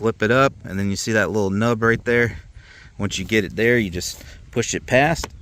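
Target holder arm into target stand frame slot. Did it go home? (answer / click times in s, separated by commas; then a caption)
no / none. Someone talks while handling a Caldwell Ultimate Target Stand, sliding a target holder arm into its retaining slot on the stand frame, flipping it up and pushing it toward a small nub, with noisy wind in the background. Nothing has seated or clicked yet; the arm has not snapped into place by the end of the clip.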